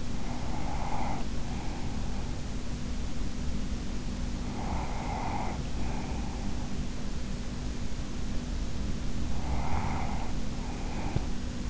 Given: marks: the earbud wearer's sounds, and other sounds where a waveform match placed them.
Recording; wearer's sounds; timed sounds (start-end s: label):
sounds in sleep by an in-ear microphone; breath
0.00-2.54 s: breath
4.23-6.59 s: breath
8.98-11.69 s: breath